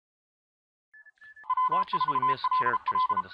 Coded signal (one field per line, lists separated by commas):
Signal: Morse code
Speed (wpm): 34 wpm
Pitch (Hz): 1020 Hz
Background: speech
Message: W4LL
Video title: My Pet Arduino Copies the CQ WW DX Contest